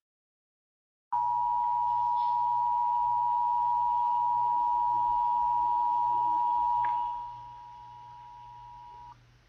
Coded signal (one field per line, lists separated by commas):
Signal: Emergency Alert System (SAME) tones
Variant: 853 and 960 Hz attention tone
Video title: camera view of tornado eas test